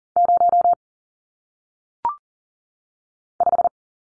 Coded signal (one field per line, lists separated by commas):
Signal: Morse code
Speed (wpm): 40 wpm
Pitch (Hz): 700 Hz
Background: none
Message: 0 5